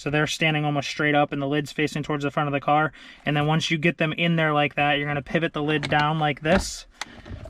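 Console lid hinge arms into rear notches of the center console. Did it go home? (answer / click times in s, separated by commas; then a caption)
no / none. Someone talks while handling the center console lid of a 2006–2012 Mercedes GL, with its hinge arms standing almost straight up in the lid and the lid facing the front of the car, ready to be pivoted down so the arms lock into small notches at the back of the console. A brief sharp sound is heard near 7.0 s. Nothing has seated or clicked yet.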